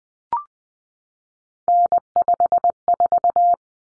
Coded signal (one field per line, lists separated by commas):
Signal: Morse code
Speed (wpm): 20 wpm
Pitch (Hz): 700 Hz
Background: none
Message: N54